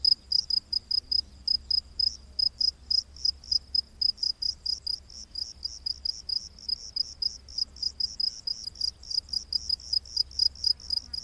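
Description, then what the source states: Cricket calling with high, pulsing chirps in a long, fast series that grows denser later on. Rainforest at night.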